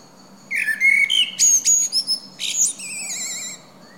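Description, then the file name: Common blackbird song: fluted whistles give way to clear high pure notes, then a wavering high whistle. "Turdus merula"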